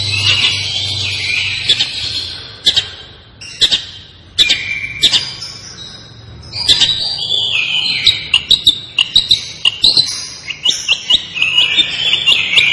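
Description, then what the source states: Long-tailed shrike singing varied phrases of whistles, slurred notes and sharp clicks, broken by short pauses, with a low steady hum underneath. Described as 'gacor', meaning the bird sings actively and continuously.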